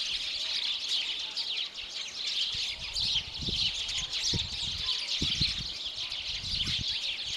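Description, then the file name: House sparrow chirping, an unbroken chorus of many rapid high chirps, with occasional low thuds and rustling underneath. "Passer domesticus"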